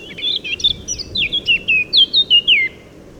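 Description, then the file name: Eurasian blackcap song: a brief warble turning into a run of loud, pure, downslurred fluty whistles. "Sylvia atricapilla"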